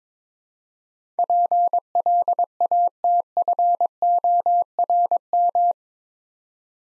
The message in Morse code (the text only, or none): PLATFORM